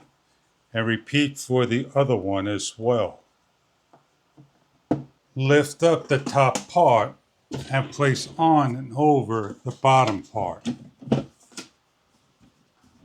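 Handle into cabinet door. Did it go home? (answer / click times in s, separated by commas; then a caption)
yes / 4.9 s. A second door handle is forced into the holes on a door of a VECELO tilt-out laundry hamper storage cabinet, with someone talking before and after. A single sharp snap is heard at 4.9 s as the handle seats in the door.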